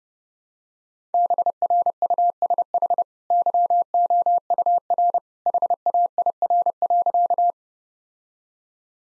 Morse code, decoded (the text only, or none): BRUSH YOUR HAIR.